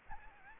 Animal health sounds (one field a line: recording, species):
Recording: mosquito wingbeat signal from an infrared sensor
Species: Anopheles gambiae